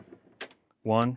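An OPENROAD retractable aluminum tonneau cover is pulled forward, and its latch clicks into the first detent position against a rail stop at 0.4 s with a sharp, bright click, followed by a softer tick just after. The latch is seated in position one, and someone then talks briefly.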